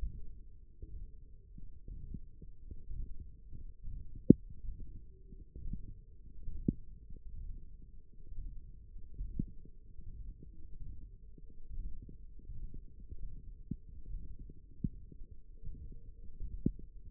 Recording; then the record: forearm muscle sounds (acoustic myography)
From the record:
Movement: index flexion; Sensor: system 1, eight BSWA MPA416 microphones around the upper forearm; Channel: 2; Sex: male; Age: 23 years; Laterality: right